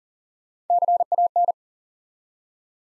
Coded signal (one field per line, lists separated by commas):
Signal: Morse code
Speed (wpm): 39 wpm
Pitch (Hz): 700 Hz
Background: none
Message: CAN